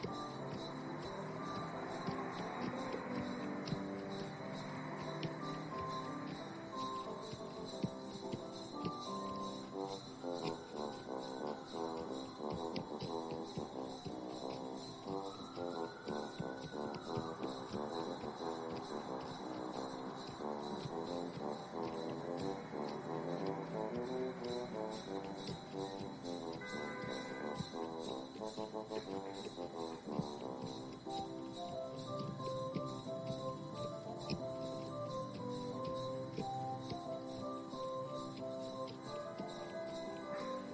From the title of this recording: A Carriage Ride, A snowy Afternoon, Holiday Season In The City